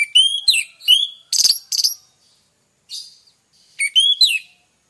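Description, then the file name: Orange-headed thrush song: several brief, high whistled and chirpy phrases including a raspy note, then a pause, a faint buzzy note and a final whistled burst. Orange-headed thrush song used as a lure recording, meant to prompt the bird to sing readily. "pancingan suara burung anis merah agar rajin bunyi"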